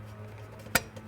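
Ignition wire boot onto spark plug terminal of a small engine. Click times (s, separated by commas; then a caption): 0.8 s. The rubber boot of the ignition wire is pushed down onto the top of a freshly installed spark plug on a small walk-behind lawn mower engine. A single short, sharp click sounds at 0.8 s over a low steady hum. The boot is seated on the plug terminal.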